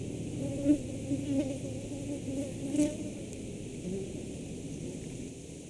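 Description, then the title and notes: Wasps buzzing, a low droning hum with a few louder buzzy passes over a steady rushing background of wind. Wasps feeding on fallen pears, with wind in pear tree branches, in Václavice, Czechia; part of the Ars Poetica 2022 festival. "Wesps in Václavice, Czechia - vosy se krmí na spadaných hruškách. Vosy na hruškách a vítr ve větvích hrušní. (Součást festivalu Ars Poetica 2022)"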